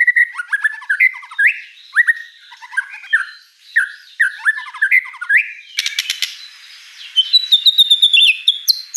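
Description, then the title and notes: White-rumped shama song with downslurred whistles and chips, a harsh raspy burst midway, then high rapid trilled notes. Lively lure song of a white-rumped shama (Murai Batu) with a rich, varied repertoire. "Pancingan Gacor Murai Batu Bongkar Isian Mewah. Audio Murai Batu Dongfeng"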